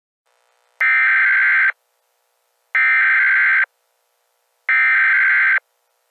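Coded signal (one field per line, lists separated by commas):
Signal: Emergency Alert System (SAME) tones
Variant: header bursts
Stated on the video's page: Fictional EAS scenario made with PowerPoint.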